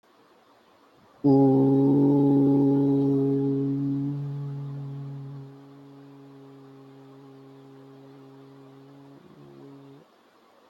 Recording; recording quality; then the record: sustained vowel as in boot; excellent, no background noise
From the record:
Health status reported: healthy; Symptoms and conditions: none ticked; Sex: male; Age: 24 years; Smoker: not ticked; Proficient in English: yes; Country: India